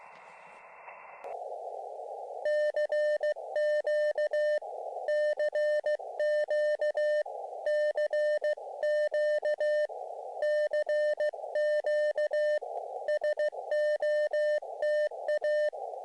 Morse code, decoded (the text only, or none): CQ CQ CQ CQ SOTA